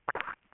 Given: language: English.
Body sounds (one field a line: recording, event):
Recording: throat vibration sensor signal played as sound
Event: swallow